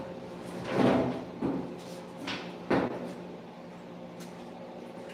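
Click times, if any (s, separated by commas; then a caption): none. The custom steel hood of a Lambo Terero Vittoria supercar build is closed onto its body latch, producing a few dull thumps over steady background music. The hood fails to catch, and nothing has clicked or latched.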